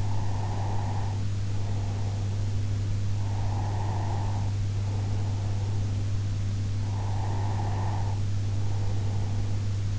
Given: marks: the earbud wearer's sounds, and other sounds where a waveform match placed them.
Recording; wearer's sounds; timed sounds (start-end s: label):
sounds in sleep by an in-ear microphone; breath
0.00-2.68 s: breath
3.36-6.36 s: breath
6.95-9.92 s: breath